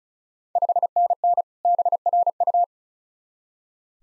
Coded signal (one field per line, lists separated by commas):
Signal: Morse code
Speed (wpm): 36 wpm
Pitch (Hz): 700 Hz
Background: none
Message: 5NN BRU